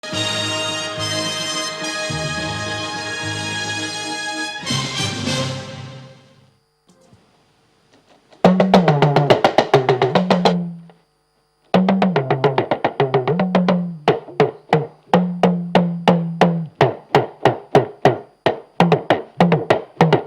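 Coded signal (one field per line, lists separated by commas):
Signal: talking drum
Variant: Yoruba dùndún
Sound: quick runs of drum strokes whose low pitch rises and falls like speech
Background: sustained instrumental tones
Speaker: Now, you played to open this segment just now. What were you saying to us with your drum? I was playing Dansaki Oba, Ojojumo Lore Resimi, Dansaki Oba. So I'm praising God and thanking him for this morning.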